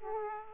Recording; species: mosquito wingbeat signal from an infrared sensor; Aedes aegypti